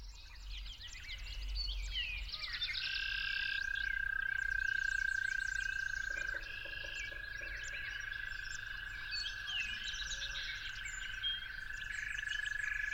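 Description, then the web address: Toad giving a sustained even trill from early on, with a second trill briefly joining partway through; many songbirds chirp and warble throughout. Recorded at dawn. "musicofnature Toads at Dawn"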